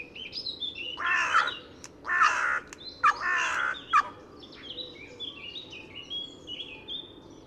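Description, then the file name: Carrion crow giving three or four hoarse caws with sharp clicks between, while small birds twitter in the background. "Corvus corone"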